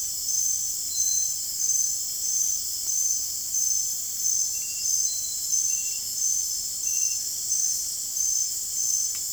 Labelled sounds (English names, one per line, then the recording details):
none
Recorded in dense forest near Puerto Asís, Putumayo, Colombia, on 23 June 2025 at 23:30
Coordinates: 0.503, -76.323
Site G059